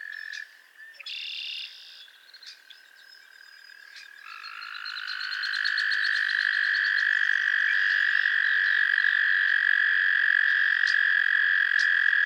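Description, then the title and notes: Frogs calling together, brief buzzy trills at first, then a loud continuous trill rises and holds steady to the end, with occasional clicks over it. Chorus of frogs calling to one another on a summer evening at Miners Marsh, Annapolis Valley, Nova Scotia. "Theraphonia - Frogsong at Miners Marsh. A chorus of frogs croon to one another on an idyllic summer evening in Miners Marsh, Annapolis Valley, Nova Scotia"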